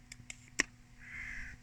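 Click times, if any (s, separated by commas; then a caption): 0.6 s. An extension piece is pushed onto the handle of a Yakut knife to lengthen it. A few light taps come first at about 0.1 and 0.3 s, then a sharp loud click at 0.6 s as the extension seats, followed by a soft hiss. The extension clicks into place.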